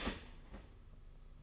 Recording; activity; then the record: daily activity, microphone in the room; start toaster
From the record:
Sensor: 4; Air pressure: 992.4 hPa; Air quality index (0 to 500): 143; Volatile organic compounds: 81 ppm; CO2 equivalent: 3611 ppm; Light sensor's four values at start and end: 18/61/22/23 and 18/61/22/23